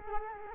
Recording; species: mosquito wingbeat signal from an infrared sensor; Culex quinquefasciatus